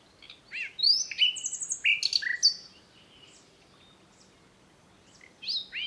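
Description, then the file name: Common nightingale song: varied phrase of rising and falling whistles and sharp notes for about two seconds, a pause, then a few more whistled notes. "Luscinia megarhynchos"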